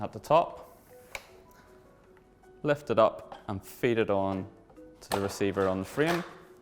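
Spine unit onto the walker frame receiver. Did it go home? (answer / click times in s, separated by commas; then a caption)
no / none. The spine unit of a child's walking aid is lifted at the top and fed onto the receiver on the walker frame while someone talks, with a brief faint tap near 1.1 s. Nothing has seated or clicked yet.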